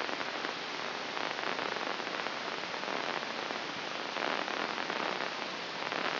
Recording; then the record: brain microelectrode recording played as sound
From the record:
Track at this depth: inside the subthalamic nucleus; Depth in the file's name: 2.534 mm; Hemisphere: left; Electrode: 3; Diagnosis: Parkinson's disease